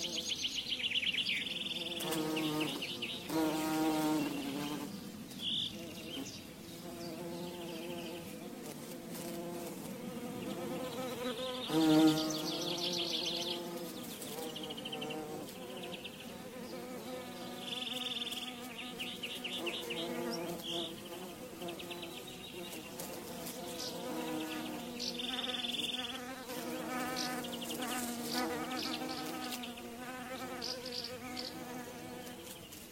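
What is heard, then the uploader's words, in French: Bees buzz steadily throughout, a dense, continuous droning hum with layered tones that waver and swell. Melodious bird calls rise above it in bright bursts, clustered early around the second to fourth seconds and near twelve seconds, then recurring intermittently to the end. Abeilles et oiseaux. Des abeilles bourdonnantes et des oiseaux mélodieux.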